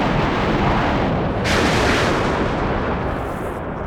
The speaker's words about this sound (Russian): И в ту же минуту блеснула молния, ударил гром.